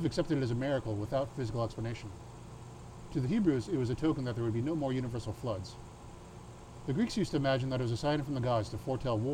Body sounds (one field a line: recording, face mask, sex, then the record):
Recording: reading aloud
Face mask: surgical mask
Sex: male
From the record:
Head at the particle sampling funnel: tilted up or above it, chin in front of it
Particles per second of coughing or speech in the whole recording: 0.48